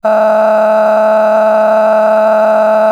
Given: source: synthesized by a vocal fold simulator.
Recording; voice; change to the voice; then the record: sustained vowel; female; a random mix of aspiration noise, stiffness perturbation and strain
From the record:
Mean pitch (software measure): 216 Hz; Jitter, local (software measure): 2.09%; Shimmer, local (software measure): 11.5%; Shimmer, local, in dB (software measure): 1.02 dB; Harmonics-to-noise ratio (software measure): 13.4 dB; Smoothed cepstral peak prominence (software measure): 13.1 dB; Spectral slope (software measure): -22.4 dB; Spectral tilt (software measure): -10.9 dB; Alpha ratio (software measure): -12.9 dB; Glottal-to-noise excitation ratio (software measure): 0.931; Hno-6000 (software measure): 2.2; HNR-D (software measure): 33.2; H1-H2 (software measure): 3.5 dB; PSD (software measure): 8.7e-05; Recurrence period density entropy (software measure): 0.113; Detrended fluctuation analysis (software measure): 0.0171